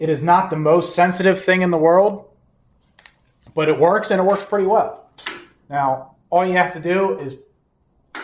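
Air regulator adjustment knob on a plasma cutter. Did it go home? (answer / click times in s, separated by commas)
released / 8.2 s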